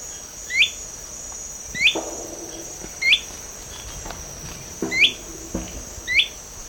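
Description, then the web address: Slender-footed tyrannulet calling: five brief rising chip notes, mostly about 1.2 seconds apart, with a continuous high-pitched insect drone and a few soft low thumps. South America, eastern lowlands. "Natures Songs S America Eastern Lowlands. Slender-footed Tyrannulet"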